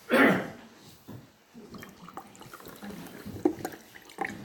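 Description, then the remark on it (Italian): A brief splash of liquid opens, followed by a few soft, scattered clicks and small wet sounds as someone sips a drink of water, with no talking. “Allora, io bevo un goccio d'acqua, voi respirate un attimo.”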